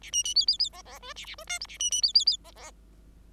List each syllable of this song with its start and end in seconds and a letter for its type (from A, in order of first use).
0.01-0.11 A, 0.12-0.23 B, 0.24-0.34 B, 0.35-0.46 C, 0.47-0.58 C, 0.59-0.69 C, 0.72-0.82 D, 0.85-0.99 D, 1.00-1.13 E, 1.16-1.26 A, 1.26-1.35 A, 1.38-1.44 E, 1.47-1.59 F, 1.60-1.67 G, 1.68-1.78 A, 1.79-1.91 B, 1.91-2.02 B, 2.02-2.13 C, 2.14-2.25 C, 2.26-2.37 C, 2.44-2.51 D, 2.55-2.71 D